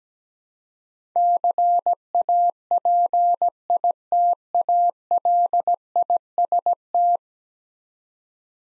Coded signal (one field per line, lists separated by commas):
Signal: Morse code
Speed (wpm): 17 wpm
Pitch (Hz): 700 Hz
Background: none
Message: CAPITALIST